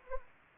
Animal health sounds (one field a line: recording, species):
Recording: mosquito wingbeat signal from an infrared sensor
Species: Anopheles arabiensis